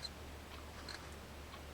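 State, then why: Not seated. The metal spring drag retaining clip of a Penn Powergraph 1500 Spin fishing reel is handled at the spool groove, with its other side about to be pressed in. Two faint, brief ticks of handling, near 0.1 and 0.9 seconds, sit over a steady low hum. The clip has not yet snapped home, and nothing has seated.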